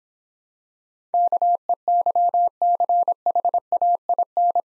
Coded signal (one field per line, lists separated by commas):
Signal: Morse code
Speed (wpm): 26 wpm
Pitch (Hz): 700 Hz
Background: none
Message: KEYCHAIN